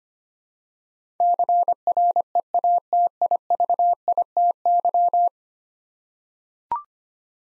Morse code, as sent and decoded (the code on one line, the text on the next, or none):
-.-. .-. . .- - .. ...- .. - -.--
CREATIVITY